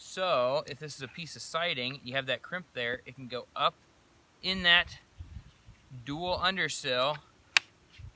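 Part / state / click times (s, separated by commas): crimped vinyl siding piece into dual undersill trim / seated / 7.6 s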